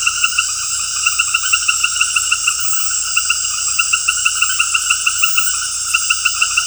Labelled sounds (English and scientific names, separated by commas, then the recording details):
none
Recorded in dense forest near Puerto Asís, Putumayo, Colombia, on 19 February 2024 at 20:30
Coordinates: 0.487, -76.319
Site G6403